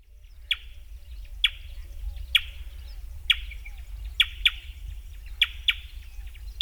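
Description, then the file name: Grey wren-warbler calling: sharp clicking notes with a buzzy trailing tone, repeated roughly once a second, sometimes in quick pairs, over low background rumble. "Grey Wren Warbler (Camaroptera simplex)"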